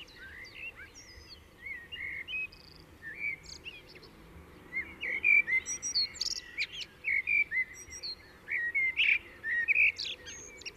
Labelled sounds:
Common Blackbird song

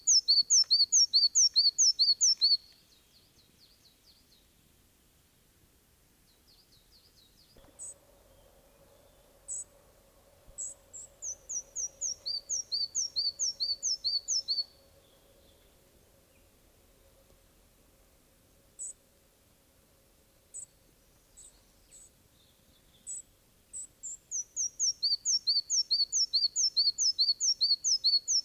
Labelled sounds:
Red-breasted Flycatcher song

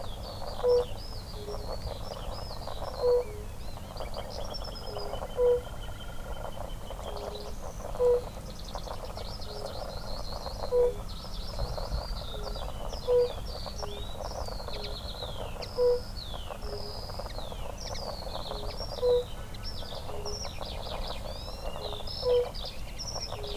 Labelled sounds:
Fire-Bellied Toad call

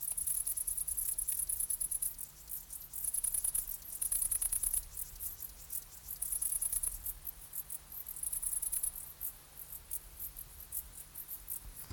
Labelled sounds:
Great Green Bush-cricket stridulation

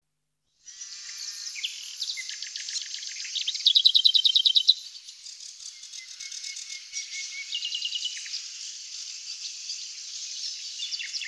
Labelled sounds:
Lesser Whitethroat song

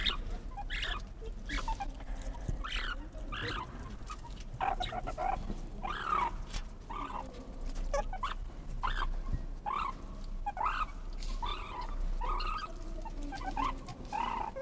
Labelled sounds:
Banded Mongoose call

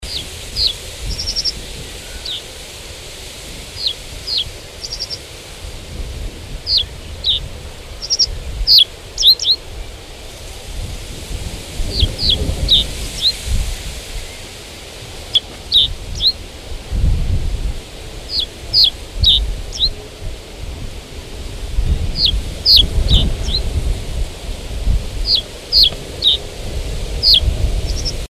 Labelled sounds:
Reed Bunting song

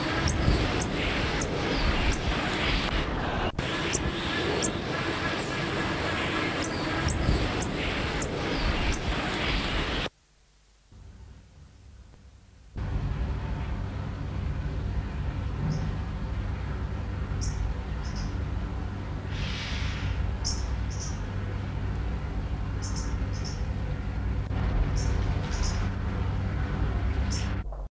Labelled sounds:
Red-billed Oxpecker call

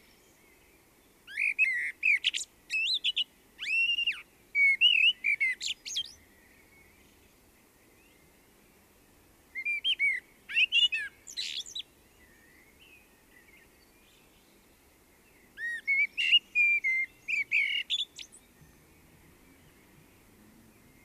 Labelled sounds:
Common Blackbird song

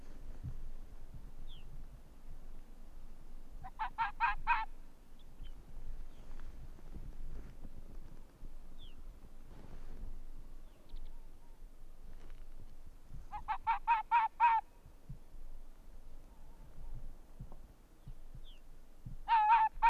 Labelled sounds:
Arctic Fox

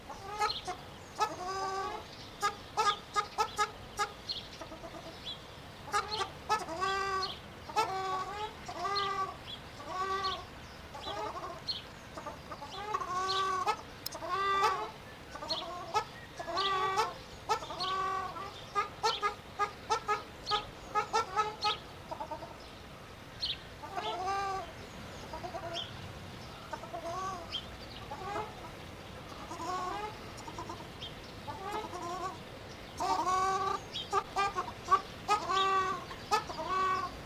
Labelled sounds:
Ruddy Shelduck call

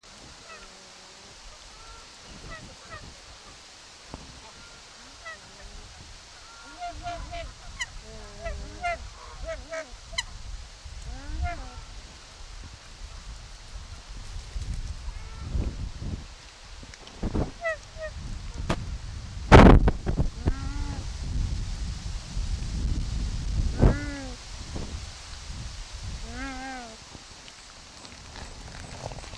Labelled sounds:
Hawaiian Goose call

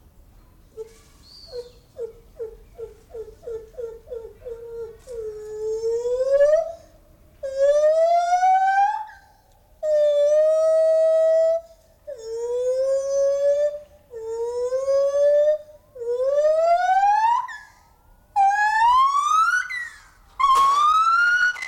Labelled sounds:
Lar Gibbon call

